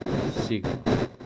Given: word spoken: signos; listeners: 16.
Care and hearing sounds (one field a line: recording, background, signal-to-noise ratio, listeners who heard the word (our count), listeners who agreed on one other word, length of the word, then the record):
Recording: one Spanish word in noise, from a listening test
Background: noise modulated by one talker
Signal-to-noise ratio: -7.3 dB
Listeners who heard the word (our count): 1 of 16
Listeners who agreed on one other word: 8 of 16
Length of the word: 0.87 s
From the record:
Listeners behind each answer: 8, 3, 2, 1, 1, 1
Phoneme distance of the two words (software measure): 17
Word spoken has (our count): 2 syllables, 6 phonemes, stress on syllable 1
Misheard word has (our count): 2 syllables, 5 phonemes, stress on syllable 1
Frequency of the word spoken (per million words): 34.81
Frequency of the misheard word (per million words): 274.58